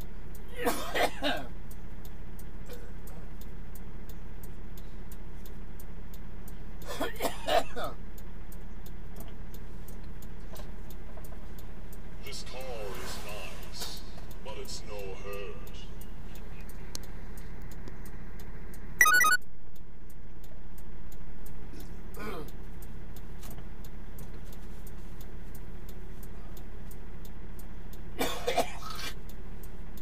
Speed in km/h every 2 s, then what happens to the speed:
0, 0, 0, 0, 0, 0, 0, 0, 0, 0, 0, 0, 0, 0, 0.
0-30 standing.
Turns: none.